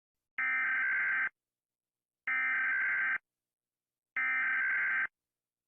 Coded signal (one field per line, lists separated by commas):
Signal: Emergency Alert System (SAME) tones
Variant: header bursts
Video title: Rating EAS Alarm Part 1 (Because why not? Warning: these contains flash)